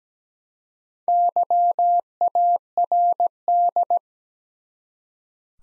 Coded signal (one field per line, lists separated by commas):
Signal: Morse code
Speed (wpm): 17 wpm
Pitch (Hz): 700 Hz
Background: none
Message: YARD